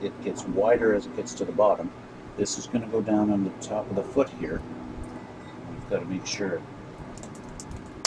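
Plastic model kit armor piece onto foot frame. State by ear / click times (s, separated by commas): seated / 8.0 s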